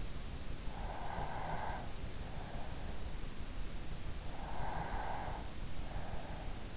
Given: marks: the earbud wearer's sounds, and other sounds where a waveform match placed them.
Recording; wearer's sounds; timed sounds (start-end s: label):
sounds in sleep by an in-ear microphone; breath
0.74-2.86 s: breath
4.06-6.35 s: breath